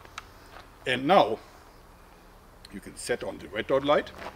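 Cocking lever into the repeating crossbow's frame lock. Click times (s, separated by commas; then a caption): 0.2 s. The cocking arm of a repeating crossbow is pulled all the way out, then pressed back in with the palm, the last part done with a little speed so the lever locks firmly into the frame lock. A sharp click is heard at 0.2 s as it seats, and someone talks afterward.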